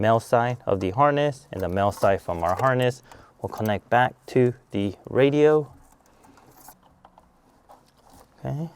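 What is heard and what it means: Someone talks while the male and female connectors of a Beat-Sonic Encore α power amplifier wiring harness are handled and lined up with the radio harness in a 2024 Honda Ridgeline, then small plastic contact sounds tick softly after the talk stops. Nothing has seated or clicked yet; the connectors are only lined up before mating.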